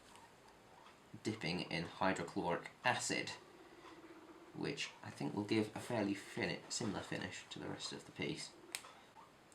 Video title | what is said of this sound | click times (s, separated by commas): Webley MkVI Airsoft Dissasembly video | that just clicked into place there as you can see that trigger | 8.8 s